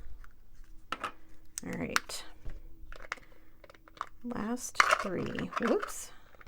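Someone talks while handling a small plastic diamond-painting drill storage container with a snap lid during kitting up. Short sharp ticks and rattling handling sounds are heard. The lid has not snapped shut yet; nothing has seated.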